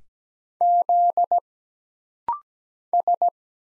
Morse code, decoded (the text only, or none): Z S